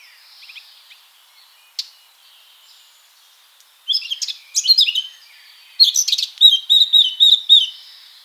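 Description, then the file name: Eurasian blackcap song: a soft, scratchy warble at first, then loud, clear, fluty phrases from about four seconds, delivered in quick bursts. "Sylvia atricapilla"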